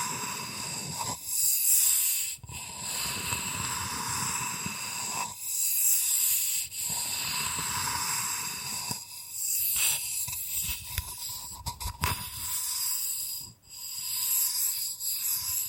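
Bamboo is brushed and scratched in long, dense, hissy strokes that sound bright and airy, with brief pauses between passes. Sharp taps break in now and then, clustered around the middle and a strong one near the end.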